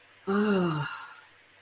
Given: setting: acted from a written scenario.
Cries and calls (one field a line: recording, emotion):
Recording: vocal sound without words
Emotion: awe